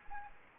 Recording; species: mosquito wingbeat signal from an infrared sensor; Anopheles gambiae